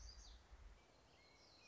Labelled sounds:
Black-throated Gray Warbler (Setophaga nigrescens)
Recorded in Sonoma County, California

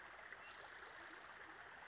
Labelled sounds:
Spotted Towhee (Pipilo maculatus)
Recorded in Sonoma County, California

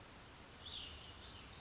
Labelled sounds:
Cassin's Vireo (Vireo cassinii)
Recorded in Sonoma County, California

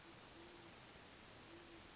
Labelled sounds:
Great Horned Owl (Bubo virginianus)
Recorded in Sonoma County, California

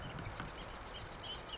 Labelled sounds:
Marsh Wren (Cistothorus palustris)
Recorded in Sonoma County, California

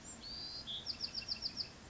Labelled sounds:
Bewick's Wren (Thryomanes bewickii)
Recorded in Sonoma County, California

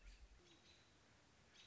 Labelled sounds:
American Robin (Turdus migratorius)
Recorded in Sonoma County, California

